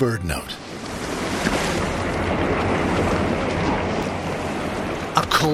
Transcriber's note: roar of an avalanche